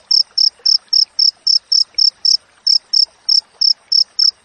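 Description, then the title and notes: Cricket chirping in a steady series of high pulses, about four a second, with one brief gap midway. Wild cricket with clear, closely spaced chirps, used as tutor audio for training songbirds and to repel rats. "Masteran Jangkrik Alam Jernih, Jeda Rapat Cocok Untuk Masteran Burung Dan Mengusir Tikus. suara jangkrik"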